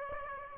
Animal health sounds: mosquito wingbeat signal from an infrared sensor; Aedes aegypti

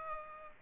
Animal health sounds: mosquito wingbeat signal from an infrared sensor; Aedes aegypti

